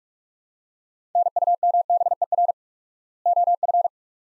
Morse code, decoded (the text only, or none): NUMBER OF